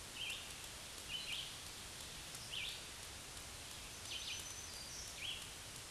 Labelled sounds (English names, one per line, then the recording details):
Black-throated Green Warbler song
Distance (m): 50 m
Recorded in a Pennsylvania forest on 1 June 2023 at 07:01
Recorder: AudioMoth, point grid3_11_low
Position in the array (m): 220 m, 140 m